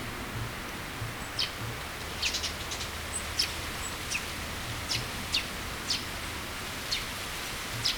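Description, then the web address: Eurasian tree sparrow chirps, short high notes scattered irregularly throughout over an intermittent low hum and background noise. "bird song suzume"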